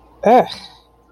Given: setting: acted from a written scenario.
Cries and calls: vocal sound without words; disgust

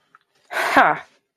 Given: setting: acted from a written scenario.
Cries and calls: vocal sound without words; contempt

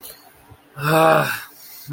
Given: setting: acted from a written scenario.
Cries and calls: vocal sound without words; anger

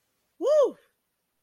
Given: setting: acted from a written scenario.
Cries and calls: vocal sound without words; pride

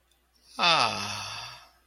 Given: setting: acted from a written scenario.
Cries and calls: vocal sound without words; serenity

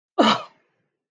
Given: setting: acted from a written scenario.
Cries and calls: vocal sound without words; disgust

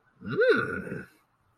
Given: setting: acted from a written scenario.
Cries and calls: vocal sound without words; desire

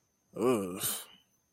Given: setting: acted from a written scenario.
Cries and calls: vocal sound without words; disgust

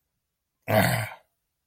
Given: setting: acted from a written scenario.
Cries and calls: vocal sound without words; contempt

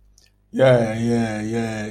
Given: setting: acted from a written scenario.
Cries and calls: vocal sound without words; pride

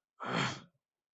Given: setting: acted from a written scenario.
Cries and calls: vocal sound without words; disgust

